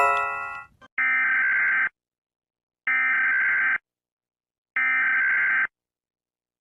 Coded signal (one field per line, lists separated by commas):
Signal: Emergency Alert System (SAME) tones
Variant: header bursts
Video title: tipos de alarmas #ratingeasalarms #eas #mrincredible #memes